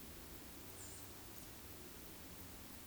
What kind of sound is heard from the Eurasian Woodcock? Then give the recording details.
whistle. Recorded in Baden-Württemberg, Germany, on 13 June 2021 at 20:14 UTC. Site 23718, 552 m above sea level